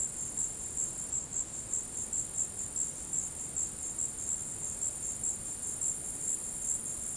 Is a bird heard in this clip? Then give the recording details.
no. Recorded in dense forest near Puerto Asís, Putumayo, Colombia, on 21 February 2024 at 16:00. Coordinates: 0.486, -76.316. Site G6437